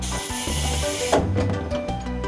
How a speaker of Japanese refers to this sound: ドアの開閉とかやります？撮影用に。 ああ、お願いします。